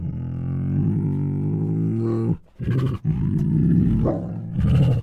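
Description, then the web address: Tiger producing a sustained deep groan, then a few shorter rasping calls. Hungry tiger making groans, huffs, moans and snores. "Sound Ideas Tigers"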